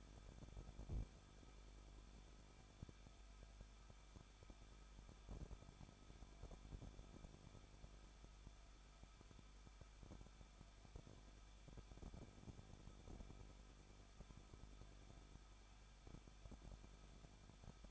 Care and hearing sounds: daily activity, microphone in the room; no activity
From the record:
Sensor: 5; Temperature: 20.8 degrees Celsius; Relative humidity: 38.3%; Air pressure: 1006.6 hPa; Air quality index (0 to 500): 187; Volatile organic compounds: 18 ppm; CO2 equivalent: 2613 ppm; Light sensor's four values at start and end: 2/3/1/1 and 2/3/1/1

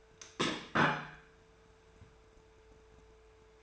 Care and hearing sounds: daily activity, microphone in the room; place plate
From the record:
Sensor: 2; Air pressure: 1014.9 hPa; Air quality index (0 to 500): 205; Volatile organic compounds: 21 ppm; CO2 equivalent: 2708 ppm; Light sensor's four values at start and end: 17/41/17/19 and 19/46/20/22

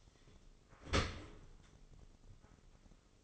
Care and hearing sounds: daily activity, microphone in the room; open dishwasher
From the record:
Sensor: 4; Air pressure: 996.6 hPa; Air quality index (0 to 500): 87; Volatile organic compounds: 4 ppm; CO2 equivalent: 1678 ppm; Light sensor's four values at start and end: 20/54/21/23 and 20/54/21/23

